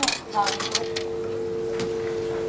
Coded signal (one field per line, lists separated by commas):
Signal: telephone call progress tone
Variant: UK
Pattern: dial tone